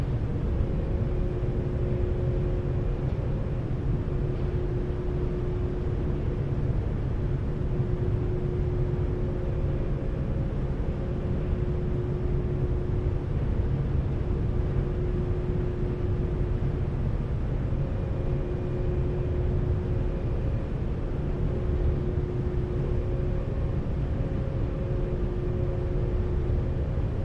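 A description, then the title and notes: A ferry's car deck rumbles with a steady, dense low engine drone that holds level throughout. Faint tonal hums come and go in the middle range, sounding like machinery whining in long stretches, with no distinct voices or separate events standing out. A days' worth of round-trips on the Seattle-Bainbridge Island Ferry, nearly all short fore-and-aft from then passenger and car decks. Bainbridge Outbound Rear Car Deck Landing And Disembark.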